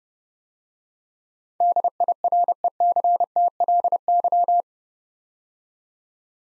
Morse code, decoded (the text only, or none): DIRECTLY